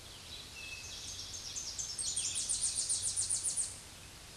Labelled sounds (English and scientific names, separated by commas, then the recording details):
Tennessee Warbler (Leiothlypis peregrina) song
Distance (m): 15 m
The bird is about level with the microphone
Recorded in a Pennsylvania forest on 16 May 2024 at 07:06
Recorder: AudioMoth, point MSD-2349
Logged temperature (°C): 15.8 °C
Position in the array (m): 67 m, 63 m